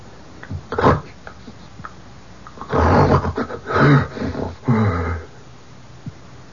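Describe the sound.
Moose calls: a short low grunt near one second, then three longer rough, roaring groans in quick succession.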